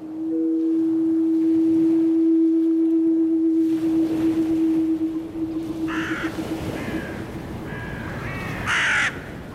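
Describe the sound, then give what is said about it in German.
A long, steady low horn-like tone drones for several seconds, then fades as a crow's harsh, raspy caws break in, a few rough calls followed by a louder final cry. “Rabenvögel begleiten den Menschen seit Anbeginn.”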